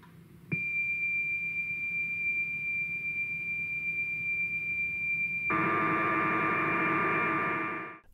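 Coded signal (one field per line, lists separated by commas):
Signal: computer data on cassette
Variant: Basicode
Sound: steady high pitched lead tone for five seconds, then a harsh warbling data screech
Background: low hum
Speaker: right armed with this new version then I tried again and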